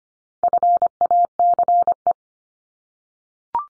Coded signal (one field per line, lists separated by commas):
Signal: Morse code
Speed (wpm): 25 wpm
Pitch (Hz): 700 Hz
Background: none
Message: FACE